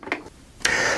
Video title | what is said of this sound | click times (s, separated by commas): Remington Versa Max Review | it and then it should just snap right in and it will lock it into place next | 0.7 s